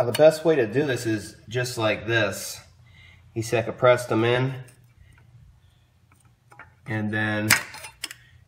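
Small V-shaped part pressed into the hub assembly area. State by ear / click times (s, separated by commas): seated / 8.0 s, 8.1 s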